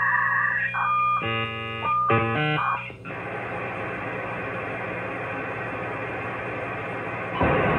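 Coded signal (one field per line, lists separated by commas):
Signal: dial-up modem handshake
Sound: buzzy dialing tones and short tone bursts, then a long wide rushing hiss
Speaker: and hit connect and see if it works prepare [Music] [Applause] dialing [Music] [Music] was quite a connection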